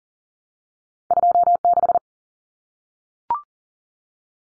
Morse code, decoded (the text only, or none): 26